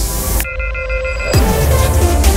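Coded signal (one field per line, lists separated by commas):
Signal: none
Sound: music intro beeps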